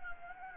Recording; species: mosquito wingbeat signal from an infrared sensor; Anopheles gambiae